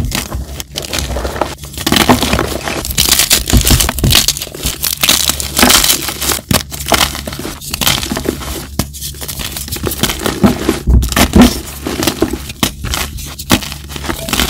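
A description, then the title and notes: Continuous crushing and crinkling, a dense, crackly texture of many small snaps that rarely lets up, with only brief pauses near the start, around nine seconds and around twelve seconds. Bright, over a faint steady low hum. Audio only compilation of Asmr cloud crushes.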